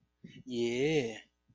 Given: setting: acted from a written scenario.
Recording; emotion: vocal sound without words; interest